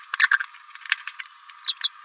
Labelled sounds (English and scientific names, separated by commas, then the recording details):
Green-rumped Parrotlet (Forpus passerinus) babbling
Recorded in a nest box in Venezuela
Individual 18B17A3